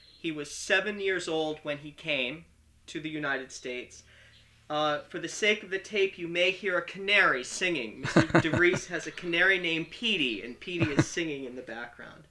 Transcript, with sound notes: He was seven years old when he came to the United States. For the sake of the tape, you may hear a canary singing. (they laugh) Mr. De Vries has a canary named Petie and Petie is singing in the background.